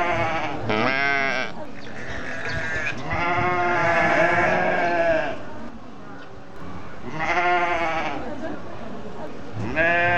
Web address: aso-bit 2018 sheep